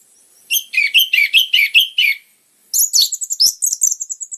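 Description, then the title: Orange-headed thrush song: a fast series of slurred, descending whistled notes, a short pause, then a run of higher twittering phrases. Dense filler-type song of a vigorously singing bird, used as a lure and as tutor material for caged orange-headed thrushes of the spotted variety. "PANCINGAN Anis Merah Gacor Materi Isian Rapat Cocok Untuk MASTERAN Anis Merah TROTOL"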